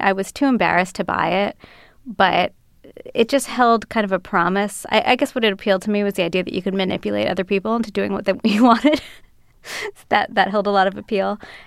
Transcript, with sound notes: I was too embarrassed to buy it, but it just held kind of a promise. I guess what appealed to me was the idea that you could manipulate other people into doing what you wanted. (laughter) That held a lot of appeal.